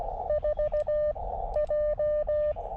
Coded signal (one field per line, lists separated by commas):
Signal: Morse code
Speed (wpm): 16 wpm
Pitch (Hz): 600 Hz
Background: none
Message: 4 J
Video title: CW POTA at US 4567 with the KX2 and WRC antenna